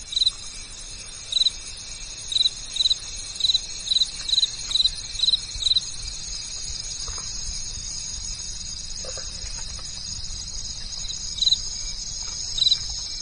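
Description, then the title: Insects give a series of short chirps, then fall silent and resume near the end, over a steady high hiss. At night. "From night to morning, the sound of nature and insects at night"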